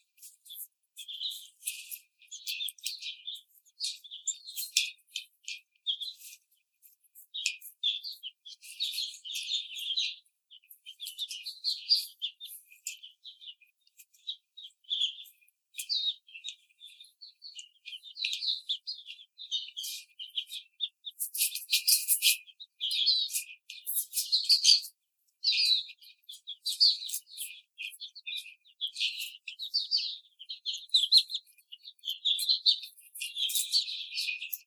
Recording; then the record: young laying hens in a cage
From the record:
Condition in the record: treatment cage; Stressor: simulated dog barking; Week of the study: 5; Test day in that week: 1